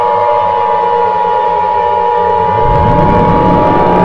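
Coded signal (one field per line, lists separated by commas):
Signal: Emergency Alert System (SAME) tones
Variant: 853 and 960 Hz attention tone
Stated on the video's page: Fictional scenario containing valid EAS tones.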